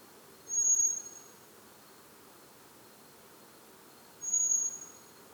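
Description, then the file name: Common blackbird two thin, very high, steady whistled notes about three and a half seconds apart against a faint even hiss. "Turdus merula"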